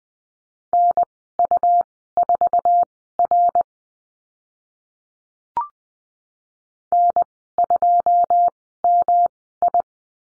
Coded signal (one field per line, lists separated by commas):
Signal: Morse code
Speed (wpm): 20 wpm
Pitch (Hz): 700 Hz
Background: none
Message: NU4R N2MI